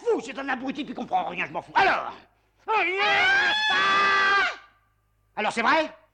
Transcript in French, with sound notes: C'est un abruti qui comprend rien, je m'en fous... Alors?! ALORS?!
[Elle hurle] PAAAAAAARLE!
Alors, c'est vrai?!